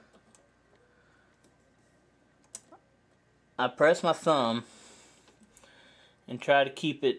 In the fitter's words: since it still has the primer in it, I slide in until I hear a click.